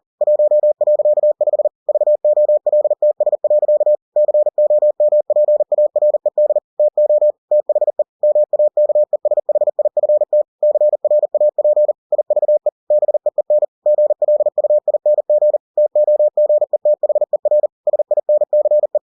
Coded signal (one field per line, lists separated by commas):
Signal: Morse code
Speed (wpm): 40 wpm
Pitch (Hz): 600 Hz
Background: none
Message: 1.5 VOLTS. COMPARED TO THE MAKESHIFT CRAP IVE BEEN GLUING TOGETHER SINCE